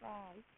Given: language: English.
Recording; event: throat vibration sensor signal played as sound; speech